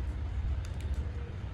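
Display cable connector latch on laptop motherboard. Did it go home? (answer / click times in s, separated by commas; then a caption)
yes / 0.6 s, 0.8 s. A laptop display cable, already seated in its socket on the motherboard, has its connector locking latch flipped closed. Two quiet clicks are heard at 0.6 s and 0.8 s over a low rumble, and the latch clicks shut with the cable seated.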